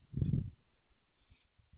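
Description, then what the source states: Koala giving one loud, deep, rasping grunt lasting about half a second, followed by faint low pulses. Recorded 20 March 2021.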